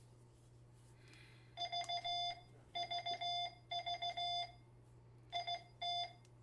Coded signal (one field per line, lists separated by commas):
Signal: Morse code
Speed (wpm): 16 wpm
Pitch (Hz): 700 Hz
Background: none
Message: VVV IT